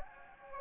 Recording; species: mosquito wingbeat signal from an infrared sensor; Anopheles gambiae